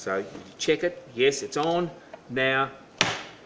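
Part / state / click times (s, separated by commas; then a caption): chain brake lever on a chainsaw front handle / released / 3.0 s. Someone talks as the chain brake lever on a chainsaw is pulled back against the front handle. A sharp click at 3.0 s marks the latch catching, and the chain brake is released.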